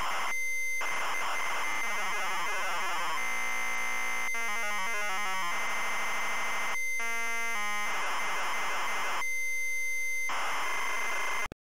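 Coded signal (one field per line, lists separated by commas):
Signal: ZX Spectrum tape loading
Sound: harsh buzzing data screech in changing blocks, with steady tones and brief gaps between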